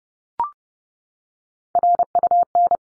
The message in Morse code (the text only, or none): RUN